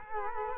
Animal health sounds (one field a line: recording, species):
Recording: mosquito wingbeat signal from an infrared sensor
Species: Culex quinquefasciatus